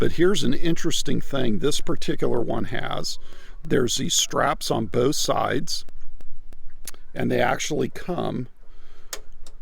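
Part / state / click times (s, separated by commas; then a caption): retaining strap clip into tailgate extender side mount / seated / 9.1 s. A retaining strap on a tailgate bed extender for a Toyota Tacoma 5.5 ft bed is clipped into its mount on the side of the bed to hold the extender down so it won't flip up. Someone talks for most of the clip, with a few small ticks and a sharp knock near 6.9 s, then the strap clip clicks in at 9.1 s. The clip is seated.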